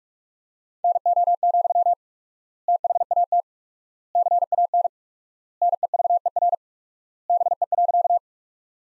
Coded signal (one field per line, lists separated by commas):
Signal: Morse code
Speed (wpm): 46 wpm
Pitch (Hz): 700 Hz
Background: none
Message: NO, THAT CAN NEVER BE.